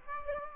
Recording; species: mosquito wingbeat signal from an infrared sensor; Aedes aegypti